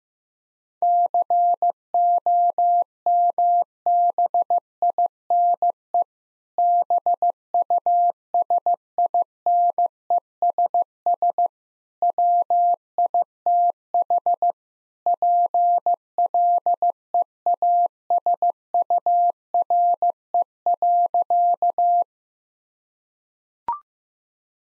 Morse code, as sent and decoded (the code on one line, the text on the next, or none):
-.-. --- -- -... .. -. . / -... ..- ... .. -. . ... ... / .-- .. - .... / .--. .-.. . .- ... ..- .-. . .-.-.-
COMBINE BUSINESS WITH PLEASURE.